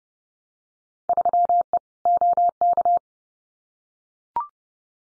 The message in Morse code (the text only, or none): 3E OK